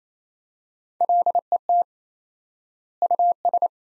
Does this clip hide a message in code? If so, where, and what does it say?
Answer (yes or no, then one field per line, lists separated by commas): yes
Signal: Morse code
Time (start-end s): 1.0-3.7 s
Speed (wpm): 28 wpm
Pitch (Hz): 700 Hz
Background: none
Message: LET US